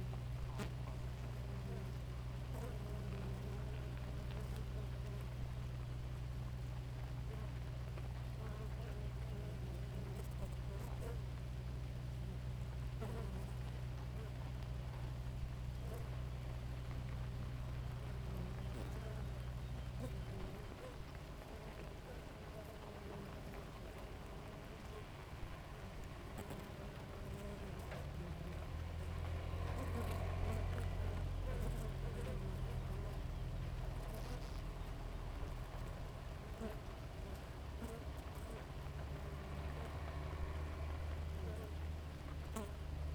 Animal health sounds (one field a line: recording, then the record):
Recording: honeybee colony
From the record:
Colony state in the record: active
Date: 28 July 2017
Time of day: 4:55